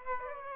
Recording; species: mosquito wingbeat signal from an infrared sensor; Aedes aegypti